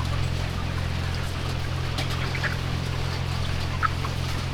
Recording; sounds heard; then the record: poultry house recording; healthy chickens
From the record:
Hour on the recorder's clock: 14